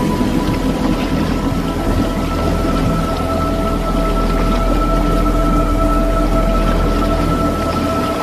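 heavy rain with thunder

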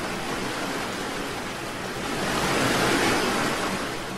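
ocean wave crashing

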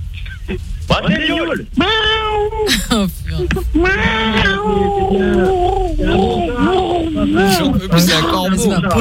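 cat yowling

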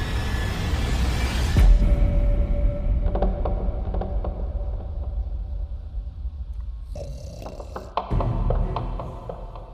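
snoring

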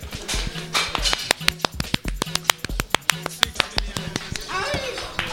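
applause

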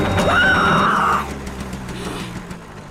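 car braking hard

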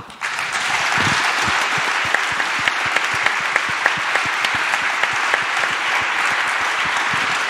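audience applause

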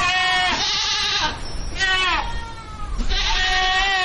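sheep bleating

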